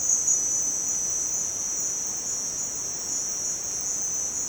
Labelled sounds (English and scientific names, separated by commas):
none